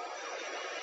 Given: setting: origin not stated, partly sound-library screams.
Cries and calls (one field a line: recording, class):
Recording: one-second piece from a danger detection set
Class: woman in danger